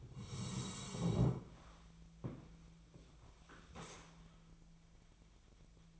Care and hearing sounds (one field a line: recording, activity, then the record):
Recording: daily activity, microphone in the room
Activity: sit down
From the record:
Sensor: 1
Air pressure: 1000.5 hPa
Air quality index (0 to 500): 178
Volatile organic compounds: 4 ppm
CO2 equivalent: 1644 ppm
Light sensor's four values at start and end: 12/30/12/14 and 12/29/12/14